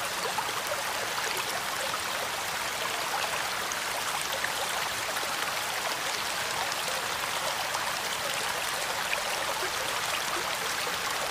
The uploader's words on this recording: Raining Sounds. Water White Noise.